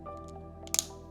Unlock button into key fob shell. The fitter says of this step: you'll hear it snap into place